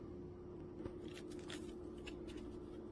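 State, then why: Not seated. A metal extension tube for a Hoover Commercial PortaPower lightweight canister vacuum is picked up and lined up one-handed with the hose handle before being fitted. Only quiet handling noises are heard, with small taps at about 1.5 s and 2.1 s over a steady low hum. The tube has not yet been pushed home, and nothing has clicked or locked into place.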